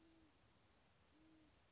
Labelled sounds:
Great Horned Owl

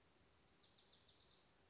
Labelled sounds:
Wilson's Warbler

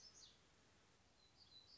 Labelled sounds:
Black-throated Gray Warbler

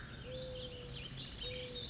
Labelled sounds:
Mourning Dove

